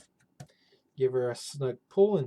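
A DDR4 memory module is handled over a motherboard DIMM slot, with a brief faint tick near 0.4 s before someone talks from about 1.0 s onward. The module has not yet been pressed down, the retention clip has not snapped, and nothing has seated or clicked yet.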